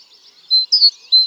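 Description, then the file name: Great tit giving a short burst of its high two-note song, a flat whistle then a quick falling note, with faint twittering underneath. "Parus major"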